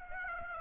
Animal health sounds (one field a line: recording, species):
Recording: mosquito wingbeat signal from an infrared sensor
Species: Aedes aegypti